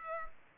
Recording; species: mosquito wingbeat signal from an infrared sensor; Culex pipiens